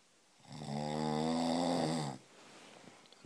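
One long, low, rattling snore of nearly two seconds on an in-breath from a sleeping adult man, then quiet room noise. The snoring recurs every night.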